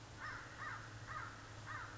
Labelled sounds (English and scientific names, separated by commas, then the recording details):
American Crow (Corvus brachyrhynchos)
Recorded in Sonoma County, California